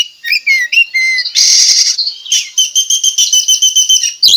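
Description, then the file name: Oriental magpie-robin singing slurred whistles, then a harsh buzzy rasp followed by a fast run of evenly repeated ringing notes. Singing actively (gacor), with loud song phrases called tembakan; bird from Tretes. "Tembakan Kacer Tretes Gacor"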